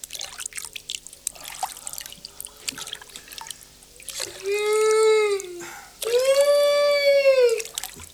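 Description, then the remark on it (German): Water of the Orinoco River trickles and drips in small scattered splashes, heard aboard an old motorboat, then two long, loud, wavering tonal calls rise over the watery sounds, each lasting over a second. “Auf dem Orinoco River.”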